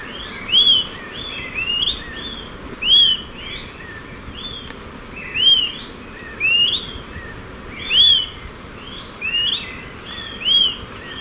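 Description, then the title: Smoke-colored pewee repeating short, bright, arched whistled notes in a series over a steady rushing background. Subspecies ardosiacus. "LuckyPassaro Completos2Sama. Smoke-colored Pewee (Contopus fumigatus ardosiacus)"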